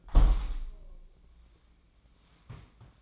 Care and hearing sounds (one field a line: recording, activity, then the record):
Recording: daily activity, microphone in the room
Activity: close window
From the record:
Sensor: 1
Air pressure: 1012.3 hPa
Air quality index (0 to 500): 171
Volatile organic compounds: 3 ppm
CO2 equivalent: 1391 ppm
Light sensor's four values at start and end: 231/530/234/260 and 247/564/250/276